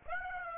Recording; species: mosquito wingbeat signal from an infrared sensor; Aedes aegypti